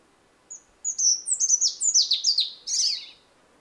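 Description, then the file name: European robin song: a single thin note, then a quick series of high, sliding, descending whistles ending in a buzzy trill. "Erithacus rubecula"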